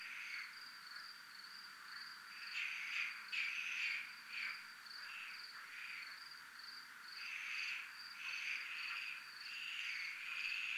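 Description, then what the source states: Crickets produce a high continuous trill, joined by clusters of rapid buzzy pulses that come and go. Crickets recorded at zona militar (military zone).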